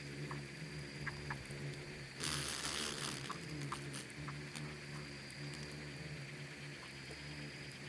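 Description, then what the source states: Insects humming in a swarm, a steady low buzzing drone with sparse clicks, broken by a short hissing rustle near two to three seconds. Bugs and beetles swarming in the Namib desert.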